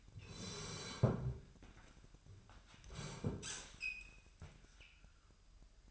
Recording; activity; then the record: daily activity, microphone in the room; sit down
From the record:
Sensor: 2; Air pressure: 998.4 hPa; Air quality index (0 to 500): 125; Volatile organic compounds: 3 ppm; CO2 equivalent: 1416 ppm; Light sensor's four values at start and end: 5/12/5/6 and 6/14/6/6